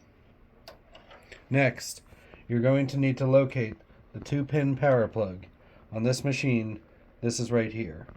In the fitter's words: until you hear a click